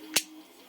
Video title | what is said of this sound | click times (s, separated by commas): SOG Fasthawk, Black Friday Deals, And Knife Talk! | locks there to the side | 0.2 s